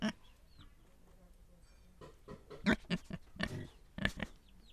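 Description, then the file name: Pig grunts and squeals, a single burst and then a lively cluster in the second half, with faint chirping birds. Pigs recorded in Viñales. "pigs in Vinales"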